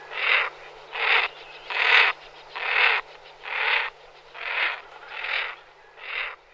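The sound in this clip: Merganser harsh rasping calls, eight broad grating bursts repeated roughly every 0.8 seconds at an even pace, with a quiet background.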